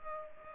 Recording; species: mosquito wingbeat signal from an infrared sensor; Culex pipiens